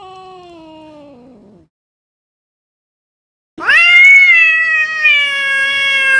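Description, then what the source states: Cat meowing: a low, falling moan fades out, then after a pause a loud, harsh yowl rises sharply and holds, wavering, until the end. Angry cat meowing.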